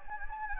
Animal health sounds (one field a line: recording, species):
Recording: mosquito wingbeat signal from an infrared sensor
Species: Anopheles gambiae